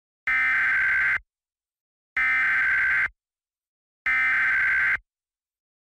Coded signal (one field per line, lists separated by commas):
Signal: Emergency Alert System (SAME) tones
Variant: header bursts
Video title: EAS Scenario: The Wendigo Remastered.***Preview***